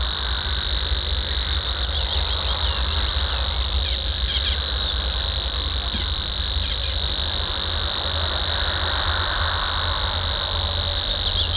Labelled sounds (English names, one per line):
Savi's Warbler song